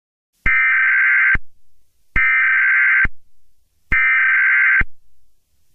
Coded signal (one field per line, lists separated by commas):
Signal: Emergency Alert System (SAME) tones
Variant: header bursts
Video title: EAS Scenario: The Alternates